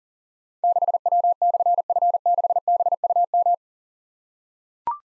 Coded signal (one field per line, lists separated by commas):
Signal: Morse code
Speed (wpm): 40 wpm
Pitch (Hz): 700 Hz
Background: none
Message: 6W/F6BUM